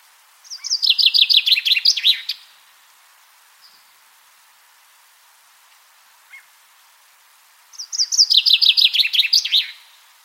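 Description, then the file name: Common chaffinch song: a two-second descending rattle of bright chirps ending in a flourish, given twice about seven seconds apart, with a couple of faint ticks between. "Fringilla coelebs"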